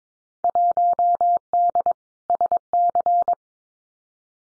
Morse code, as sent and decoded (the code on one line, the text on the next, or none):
.---- -.. / ... -.-.
1D SC